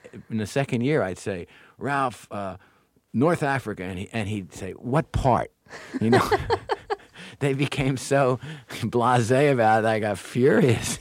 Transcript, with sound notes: And in the second year, I'd say Ralph, North Africa. And he'd say, what part, you know?
(Laughter).
They became so blase about it. I got furious.